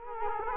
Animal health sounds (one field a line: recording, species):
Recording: mosquito wingbeat signal from an infrared sensor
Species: Culex quinquefasciatus